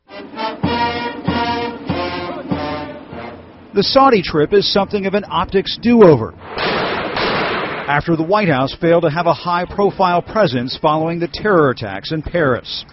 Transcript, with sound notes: The Saudi trip is something of an optic`s due over. (SHOTS) After the White House failed to have a high profile presence following the terror attacks in Paris.